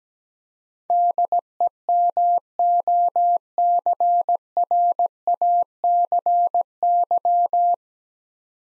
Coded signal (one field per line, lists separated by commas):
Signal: Morse code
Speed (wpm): 17 wpm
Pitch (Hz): 700 Hz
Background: none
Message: DEMOCRACY